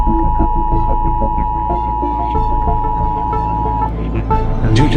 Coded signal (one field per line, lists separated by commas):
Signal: Emergency Alert System (SAME) tones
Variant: 853 and 960 Hz attention tone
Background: music